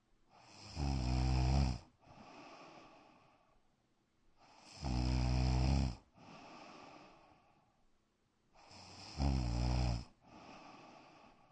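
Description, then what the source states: Dog snoring in a steady rhythm: three deep, rattling snores, each followed by a quieter airy breath, the cycle recurring roughly every four seconds. Black dog snoring in a bedroom.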